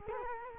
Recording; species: mosquito wingbeat signal from an infrared sensor; Culex quinquefasciatus